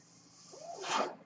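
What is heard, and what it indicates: A rising airy whoosh with a brief tonal sweep, peaking then fading: one breath from a personal mechanical ventilator.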